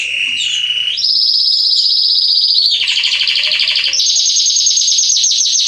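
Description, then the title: Belgian canary song in loud sustained tours: a low trill, then a high steady trill, a rapid mid-pitched rattle, and a high fast trill. Male Belgian canary singing a lot, to train and warm up young canaries. "Canary Training Esquente Seu Filhote E Canario Belga Em 30 Minutos Macho Cantando Muito. CANTO DO CANRIO"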